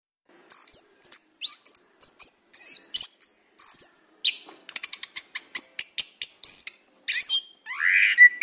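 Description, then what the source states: Orange-headed Thrush song, a quick series of high chirps and whistled notes, then a rapid rattling burst and a final rising slurred whistle. Rolling song (ngerol), used for training the bird.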